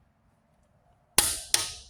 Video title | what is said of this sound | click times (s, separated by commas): Kobalt Torque Wrenches | you get more of a click the higher up in the torque you go. | 1.2 s